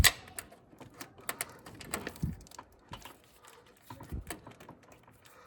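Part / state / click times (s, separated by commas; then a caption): shift cable end onto the bushing-mounted pivot on the manual transmission shifter linkage / not seated / none. Someone handles the shift cable end at the manual K-series transmission shifter linkage of an Acura RSX Type S, working it toward the bushing-mounted pivot after new Acuity shifter bushings and a snap ring have been installed. Scattered light metallic ticks and taps are heard, with sharp clicks near 0.1, 1.3, 1.4 and 1.9 seconds. Nothing has seated or clicked home yet.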